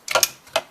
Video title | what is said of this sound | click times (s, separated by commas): Au Gratin Potatoes baked in 20 Minutes & Review on The Kitchen Aid Slicer/Shredder Attachment | okay right there again slide it in turn it push and hear it click now it's attached slide | 0.2 s